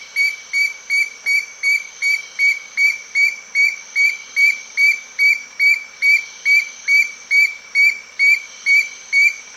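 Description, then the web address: Black-crowned antpitta song: a long steady series of short, high, clear whistled notes, about two per second, evenly spaced throughout. Recorded in South America. "Natures Songs S America Black-Crowned Antpitta"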